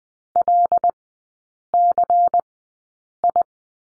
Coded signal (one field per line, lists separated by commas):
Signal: Morse code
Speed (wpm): 20 wpm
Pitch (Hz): 700 Hz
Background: none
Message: LCI